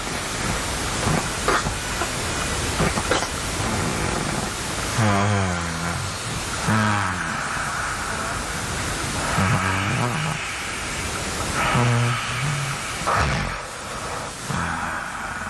It's the sound of him snoring.